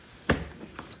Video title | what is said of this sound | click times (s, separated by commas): How To Install A 42" / 46" Double Bagger On Your Cub Cadet XT1 / XT2 | Push it down. That locks into place. | 0.3 s